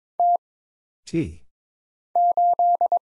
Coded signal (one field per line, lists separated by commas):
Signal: Morse code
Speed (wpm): 22 wpm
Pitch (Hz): 700 Hz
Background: none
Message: T 8